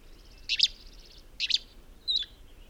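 Bird calls: two short, dense bursts of high chirping notes, then a thinner third note, over faint background noise.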